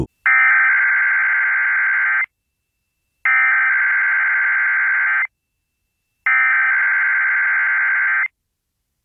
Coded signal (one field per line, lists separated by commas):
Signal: Emergency Alert System (SAME) tones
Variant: header bursts